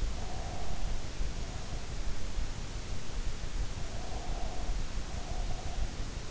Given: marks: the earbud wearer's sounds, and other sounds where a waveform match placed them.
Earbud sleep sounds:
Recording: sounds in sleep by an in-ear microphone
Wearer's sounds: breath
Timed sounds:
0.00-2.14 s: breath
3.70-5.95 s: breath

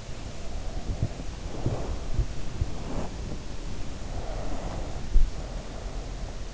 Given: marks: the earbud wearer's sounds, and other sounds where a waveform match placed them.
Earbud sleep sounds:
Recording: sounds in sleep by an in-ear microphone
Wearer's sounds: breath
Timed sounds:
0.12-1.51 s: breath
0.92-4.21 s: sound from someone else or the room
4.06-6.54 s: breath

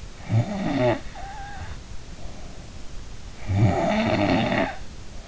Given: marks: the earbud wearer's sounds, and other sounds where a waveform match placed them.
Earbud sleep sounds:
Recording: sounds in sleep by an in-ear microphone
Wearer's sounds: snoring breath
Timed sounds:
0.10-2.92 s: snoring breath
3.35-4.88 s: snoring breath

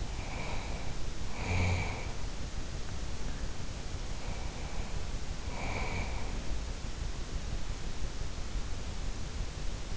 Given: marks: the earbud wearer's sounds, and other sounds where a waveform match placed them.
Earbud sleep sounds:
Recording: sounds in sleep by an in-ear microphone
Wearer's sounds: snoring breath, breath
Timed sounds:
0.00-2.35 s: snoring breath
4.00-6.35 s: breath

